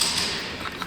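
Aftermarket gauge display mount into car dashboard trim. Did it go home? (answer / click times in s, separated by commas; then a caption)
no / none. An add-on CANchecked gauge display or its mounting piece is pressed into the dash trim of a Supra A90, which has an aftermarket Rexpeed cover fitted. A sharp sound at the start fades into a faint rustle, with a brief light tap near 0.8 s. Nothing has clicked into place yet.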